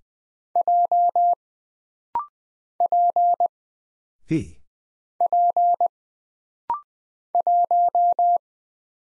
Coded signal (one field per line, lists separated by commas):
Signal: Morse code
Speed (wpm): 20 wpm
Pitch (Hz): 700 Hz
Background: none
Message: J P P 1